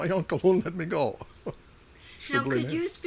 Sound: sounds of cicadas outside

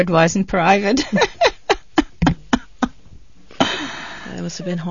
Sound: she laughs

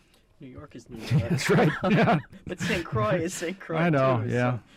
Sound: overlapping voices, laughter

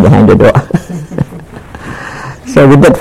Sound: laughs

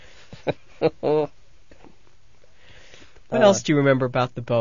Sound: she laughs

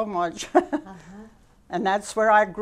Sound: she laughs

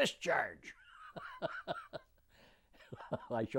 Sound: laughs

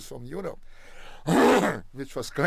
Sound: clears throat

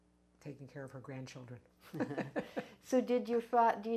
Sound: both laugh

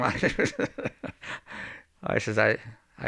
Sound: he laughs

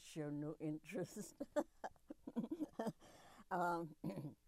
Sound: laughs

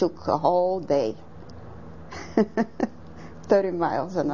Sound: laughs

